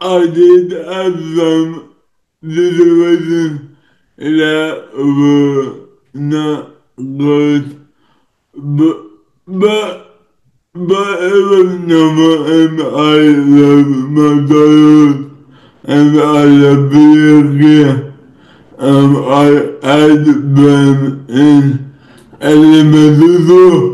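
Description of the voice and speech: An adult man speaks slowly and effortfully in short bursts, with stretched vowels and blurred consonants: dysarthria.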